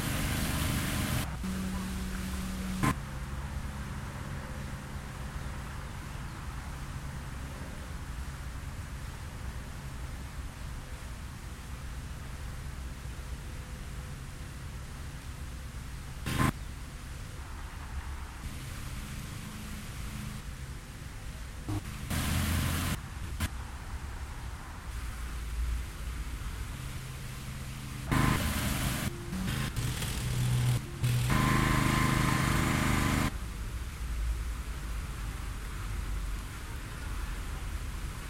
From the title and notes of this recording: In the center of campus is a fountain surrounded by 120 palm trees. The sources for this audio piece are binaural recordings made by positioning a microphone at each tree in the northeast quadrant. The recordings are cut together to produce a mixture of rapid changes and longer segments.